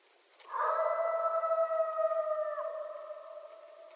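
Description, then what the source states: Coyote howl: a long, steady, slightly wavering tone with fainter harmonics above, part of it dropping sharply near the end. Several coyotes, 21 January 2012.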